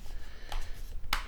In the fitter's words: click click click if it doesn't click in you've done something wrong you've got something trapped somewhere so